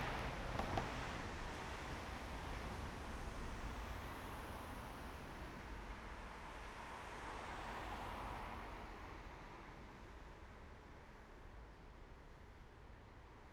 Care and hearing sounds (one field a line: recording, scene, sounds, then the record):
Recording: everyday scene through a hearing-aid microphone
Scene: in traffic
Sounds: traffic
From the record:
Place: main road on the outskirts, rush hour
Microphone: behind the ear, right, front